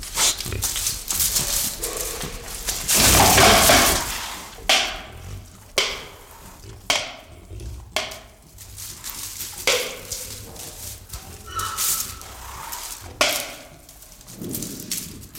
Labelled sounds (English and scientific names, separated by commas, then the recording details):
White-lipped Peccary (Tayassu pecari)
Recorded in captivity
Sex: diverse
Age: diverse
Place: Zoo Berlin, Berlin, DE
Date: 1996-02-24 12:46
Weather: heiter, -6°C
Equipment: Sony WM-D6C, Sennheiser ME 80, Kopie Uher 4000 Report Monitor
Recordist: Tembrock, Günter
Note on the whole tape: Tayassu p. albirostris: Weibchen mit zwei Jungen (Schnaufen, Grunzen), Weibchen (Zahnschlagen)